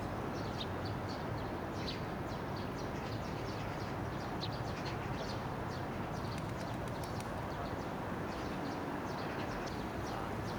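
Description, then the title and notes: Eurasian tree sparrow chirps, short high notes repeated in loose bursts, partly masked by a steady roar of passing traffic. Summer during the monsoon season at Yangjaecheon Stream, Yangjae-dong, Seocho-gu, Seoul, South Korea, with vehicles and a bus passing by. "대한민국 서울특별시 서초구 양재동 261-23-Yangjaecheon, Summer, Bus, Sparrow. Yangjaecheon Stream, Summer, Monsoon, Sparrow, vehicle passing by 양재천, 여름, 장마철, 참새"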